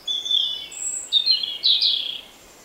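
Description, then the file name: European robin singing a short run of high, thin warbles and trills in a few quick phrases, with steady background hiss. "Erithacus rubecula"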